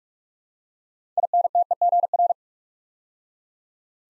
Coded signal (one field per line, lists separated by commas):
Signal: Morse code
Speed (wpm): 44 wpm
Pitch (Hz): 700 Hz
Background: none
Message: INTEGR